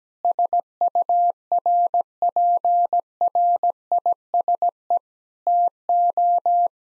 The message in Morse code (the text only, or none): SURPRISE TO